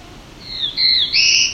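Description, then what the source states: Black-throated blue warbler phrase: thin high notes climbing in steps, ending on a strong sustained note. Singing bird in maple forest with canopy about 70–80 feet high, at the Lindsay Tract.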